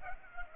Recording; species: mosquito wingbeat signal from an infrared sensor; Culex pipiens